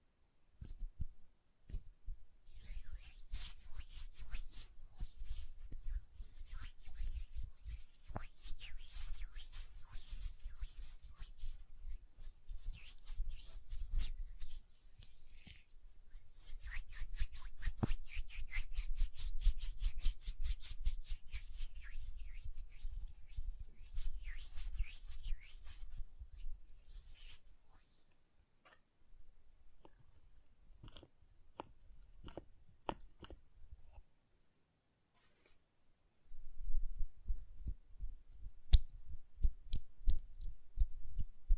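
Hand sounds with lotion: soft, continuous rubbing and slick swishing fill most of the clip, with a low rumble underneath and scattered sharp taps. Around 28 to 36 seconds the rubbing nearly stops, leaving a few isolated clicks, before the rubbing resumes.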